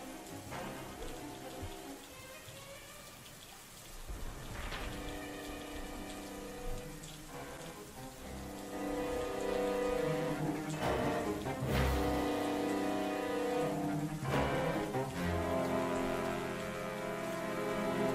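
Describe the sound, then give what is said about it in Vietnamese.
Steady rain falls on a street with a continuous hiss and patter, growing louder in the second half, with a few sharper splashes and a sustained tonal hum underneath. “Những dòng máu từ cái xác hòa vào những dòng nước mưa, biến cả một đoạn đường thành một vũng đỏ thẫm, màu của tội ác.”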